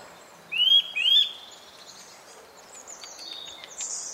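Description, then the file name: Eurasian nuthatch with two loud, upward-sweeping whistled calls at the start, then faint high-pitched sounds. "Sitta europaea"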